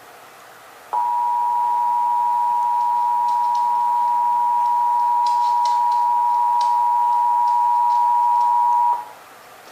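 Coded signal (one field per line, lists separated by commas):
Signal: Emergency Alert System (SAME) tones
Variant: 853 and 960 Hz attention tone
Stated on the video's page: Texas required monthly test as aired on several radio and TV stations.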